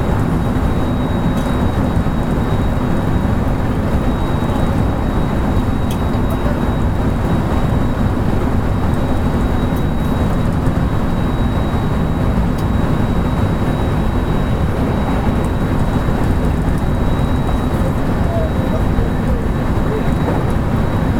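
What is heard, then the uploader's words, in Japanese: A train's running noise from inside, a steady dense low rumble throughout, with a faint thin whine held high above and occasional light clicks. JR223系 神戸線新快速 三ノ宮から大阪まで。JR西日本の223系電車の走行音です。JR神戸線の新快速列車にて収録しました。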